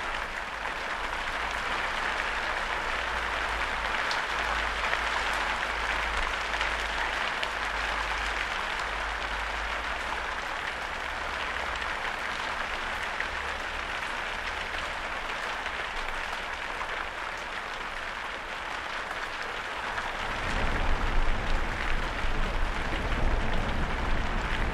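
A storm heard from inside a shed, with dense, steady hiss of rain drumming across the roof for the whole stretch. Around twenty seconds in, a deep low rumble swells beneath the rain and grows louder toward the end, like wind or thunder.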